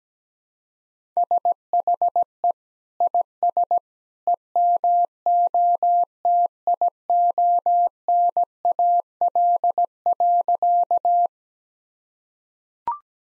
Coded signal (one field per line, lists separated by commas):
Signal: Morse code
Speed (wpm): 17 wpm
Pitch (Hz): 700 Hz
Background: none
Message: SHE IS EMOTIONAL.